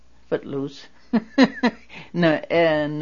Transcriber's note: she laughs